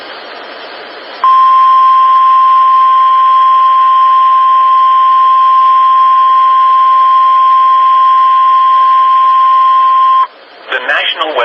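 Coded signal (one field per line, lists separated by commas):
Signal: Emergency Alert System (SAME) tones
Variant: 1050 Hz attention tone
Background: speech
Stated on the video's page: Flood warnings received on NOAA Weather Radio.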